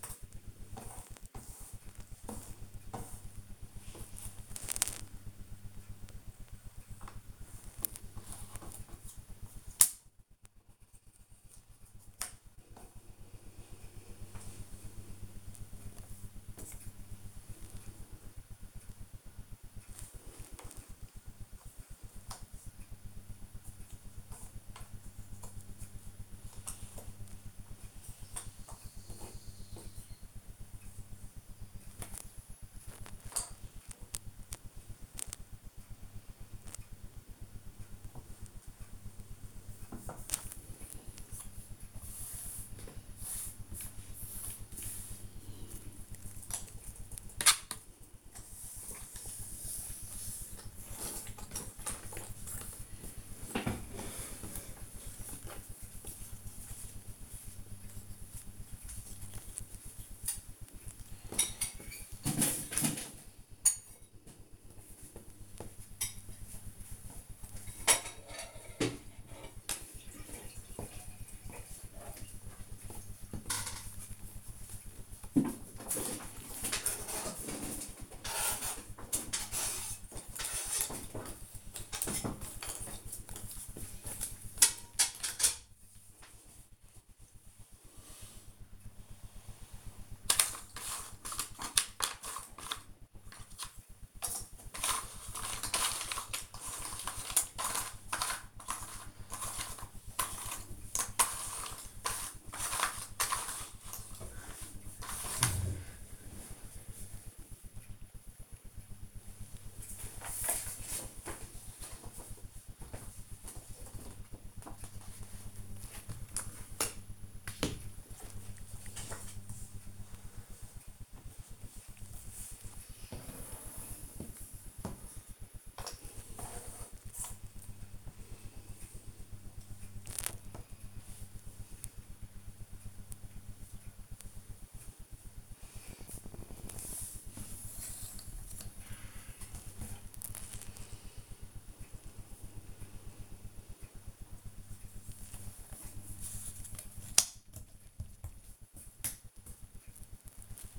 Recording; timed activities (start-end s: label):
household activities, microphone on the right wrist
0.00-48.14 s: doing a puzzle
51.17-150.79 s: doing a puzzle